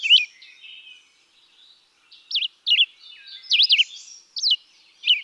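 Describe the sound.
Red-eyed vireo delivering short whistled up-and-down phrases after a quiet gap, with a soft fainter bird sound in the background.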